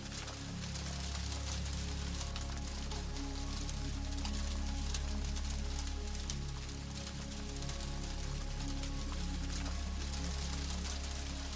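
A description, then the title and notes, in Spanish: Rain falls steadily on a roof, a dense, even patter of drops with frequent sharper taps throughout. Underneath sits a constant low hum, and soft sustained music tones hold in the background, swelling slightly around the middle and again near the end. Ritmo Suave de la LLUVIA sobre un Techo con MÚSICA. El sonido tranquilizador de las gotas de lluvia que caen sobre un techo.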